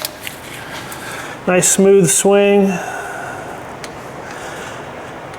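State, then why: Torque reached. A preset click-type torque wrench is swung smoothly to tighten the drain plug, fitted with a new gasket, on the transmission of a GR86. Someone talks from about 1.5 to 2.8 s, and a small, faint click is heard at 3.8 s as the wrench reaches its setting. The plug is torqued to spec.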